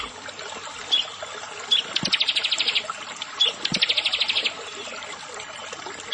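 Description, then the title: Prinia giving two fast, high rattling trills, with a few separate sharp chips before them. "Ciblek Sawah"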